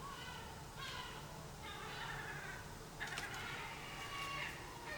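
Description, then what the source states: Gulls calling: repeated harsh squawking cries, several birds overlapping over constant low background noise. Seagulls recorded at dawn on 20 July 2020.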